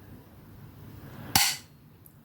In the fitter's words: and when you hear the pop and the popper of it